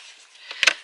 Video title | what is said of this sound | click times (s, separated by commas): Best Folding Camping Table? - #wrangventure at Brewster Lake | locks in place and then seems really short right just | 0.6 s, 0.7 s